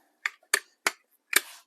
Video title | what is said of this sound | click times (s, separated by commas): UNBOXING The ROBOSKULL MKII from Skeletron! The Good AND the BAD! | clicks into place | 0.5 s